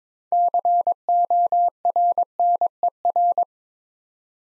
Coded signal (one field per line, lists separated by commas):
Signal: Morse code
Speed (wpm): 22 wpm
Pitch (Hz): 700 Hz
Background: none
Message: CORNER